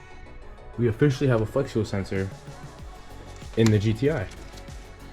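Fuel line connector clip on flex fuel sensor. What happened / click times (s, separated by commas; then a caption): No seating click yet; the fuel line connector has not snapped home / none. A fuel line connector clip on an EQT flex fuel sensor being installed in an MK7 GTI is handled while someone talks over background music. Nothing has seated or clicked yet.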